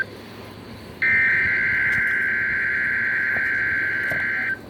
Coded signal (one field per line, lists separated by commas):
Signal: Emergency Alert System (SAME) tones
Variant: header bursts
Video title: EAS/NWR Alert or message #335: Required Weekly Test on Wednesday